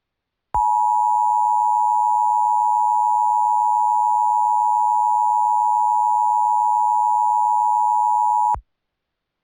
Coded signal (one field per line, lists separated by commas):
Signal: Emergency Alert System (SAME) tones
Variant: 853 and 960 Hz attention tone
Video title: Eas Scenario The Superior Race Part2